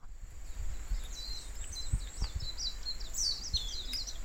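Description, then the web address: Bird calls, a quick series of thin high chirps and twitters from about one second on, over a low rumbling background noise. "yacho koe"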